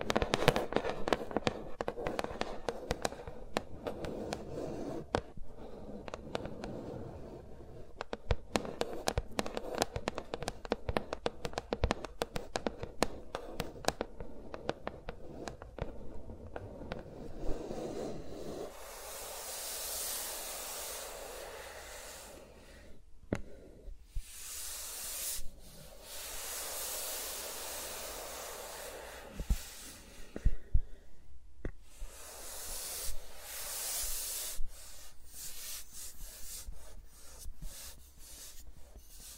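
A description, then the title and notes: Fingers brush, tap and rub against microphones with no talking. The first half is dense with quick tapping and crackly rubbing, then after about 18 seconds it turns to softer, hissy swishing in long strokes, broken by occasional sharp taps. ASMR with Mics Around My Fingers (No Talking).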